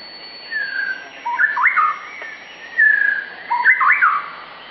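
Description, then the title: White-rumped shama song: rich, varied whistled phrases, some sliding and others looping up and down, in bursts separated by short pauses. Pet-bird training (masteran) recording of a shama singing in the vigorous 'gacor' style, meant to teach kept birds to sing. "Suara Murai Batu Gacor"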